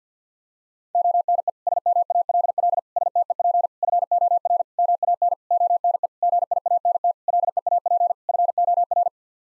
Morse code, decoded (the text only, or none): ONE SMALL STEP FOR MAN ONE GIANT LEAP FOR